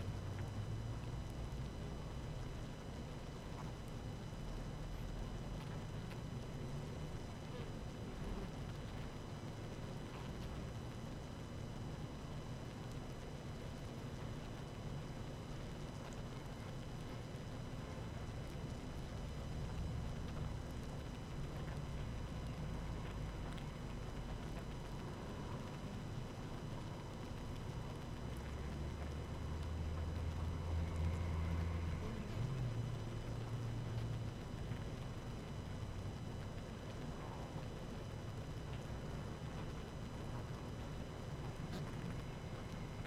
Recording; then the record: honeybee colony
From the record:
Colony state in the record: active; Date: 12 June 2018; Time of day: 18:15